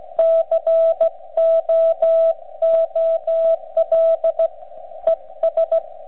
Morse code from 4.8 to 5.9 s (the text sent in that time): ES